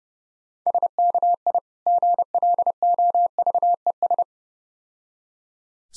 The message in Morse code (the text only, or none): SKI GLOVES